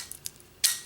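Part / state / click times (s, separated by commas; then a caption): plastic toy key into toy belt buckle slot / seated / 0.3 s. A translucent plastic Ranger key is pushed into the slot of a plastic toy belt buckle and pops in. Faint light ticks come around 0.1 s and 0.4 s, with the sharp seating click at 0.3 s. A louder hissing burst then starts at about 0.6 s and fades toward the end of the clip.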